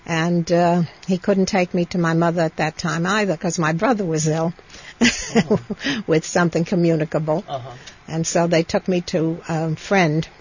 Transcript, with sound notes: And he couldn't take me to my mother at that time either because my brother was ill (she laughs) with something communicable. And so they took me to a friend